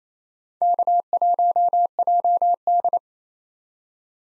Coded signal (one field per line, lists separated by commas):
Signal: Morse code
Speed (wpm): 28 wpm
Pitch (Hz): 700 Hz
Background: none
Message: K1JD